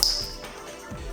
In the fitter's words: Make sure you push from the back of the plug so you don't pinch your finger when that snaps into place.